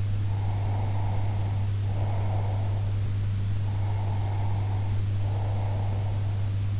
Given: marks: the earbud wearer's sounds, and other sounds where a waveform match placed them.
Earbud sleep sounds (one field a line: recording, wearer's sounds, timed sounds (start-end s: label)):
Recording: sounds in sleep by an in-ear microphone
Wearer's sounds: breath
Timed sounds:
0.16-2.96 s: breath
3.65-6.33 s: breath